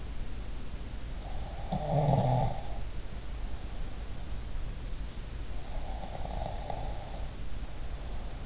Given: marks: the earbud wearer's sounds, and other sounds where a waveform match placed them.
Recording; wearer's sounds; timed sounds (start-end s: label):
sounds in sleep by an in-ear microphone; snoring breath
1.47-2.67 s: snoring breath
5.62-8.45 s: snoring breath